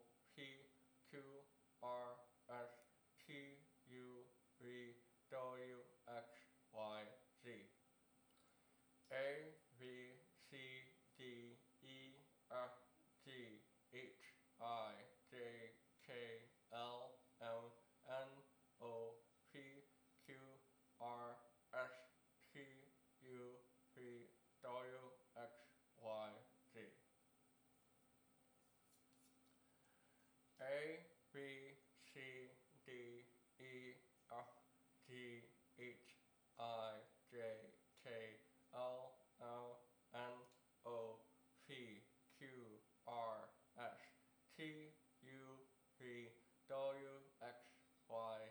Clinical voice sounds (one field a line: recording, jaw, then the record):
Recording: letters of the alphabet, spoken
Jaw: constrained by a bite bar between the teeth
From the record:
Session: first day, right after the free take